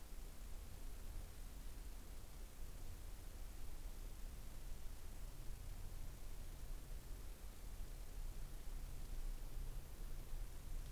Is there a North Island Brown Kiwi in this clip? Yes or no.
no